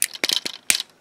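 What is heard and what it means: A plastic part of a Maketoys Guardia third-party Transformers Defensor toy is pushed into the robot's body during its transformation. It makes a series of crisp plastic clicks and crackles, with the loudest snap at 0.7 s as the part locks into place.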